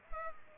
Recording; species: mosquito wingbeat signal from an infrared sensor; Culex pipiens